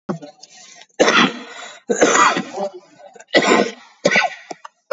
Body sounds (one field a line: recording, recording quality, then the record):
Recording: shallow voluntary cough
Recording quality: excellent, no background noise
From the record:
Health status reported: COVID-19 positive, mild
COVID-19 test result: positive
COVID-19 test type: RT-PCR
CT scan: taken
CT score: 0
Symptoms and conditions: cough, cold, sore throat, fever, fatigue, loss of smell and taste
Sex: male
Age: 63 years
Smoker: no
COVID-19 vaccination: both doses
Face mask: worn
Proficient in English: yes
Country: India